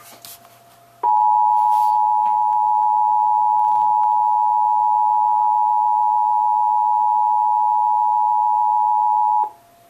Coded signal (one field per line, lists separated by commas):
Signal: Emergency Alert System (SAME) tones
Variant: 853 and 960 Hz attention tone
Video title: Required Monthly Test #2 - 07/04/12 (TV EAS) (EAS #233)